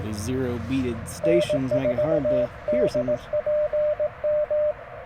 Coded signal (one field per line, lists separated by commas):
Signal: Morse code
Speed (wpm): 19 wpm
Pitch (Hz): 600 Hz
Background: speech, radio noise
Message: N4DPM